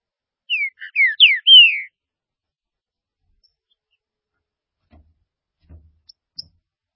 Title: Trinca Ferro